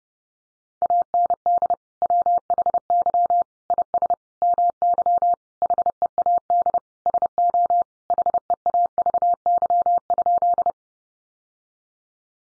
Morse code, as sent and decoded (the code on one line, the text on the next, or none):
.- -. -.. / .-- .... -.-- / .. ... / -- -.-- / .... . .- -.. / ... --- / .... . .- ...- -.-- ..--..
AND WHY IS MY HEAD SO HEAVY?